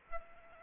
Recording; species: mosquito wingbeat signal from an infrared sensor; Aedes aegypti